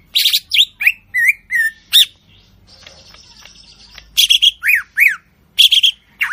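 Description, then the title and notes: Bird song of rapid varied chirps and slurred whistles, a buzzy trilled passage in the middle, then bright repeated chirps and rising-and-falling whistled notes. Melodious bird song, used as a ringtone. "Burung Dengan Suara Merdu"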